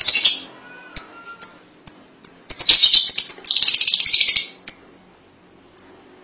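Lovebird calls: piercing high chirps breaking into a rapid, scratchy chatter before slowing to single shrill notes.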